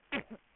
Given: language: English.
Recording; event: throat vibration sensor signal played as sound; cough